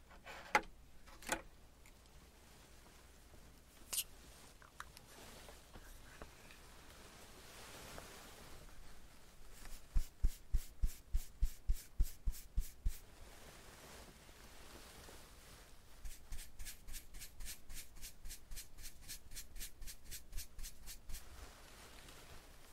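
Makeup being done with tweezers and a curling iron: a few sharp clicks and taps early on, then a quick burst of evenly spaced ticks around ten to thirteen seconds. A longer run of bright, regular clicking follows from about sixteen to twenty-one seconds, over quiet rustling.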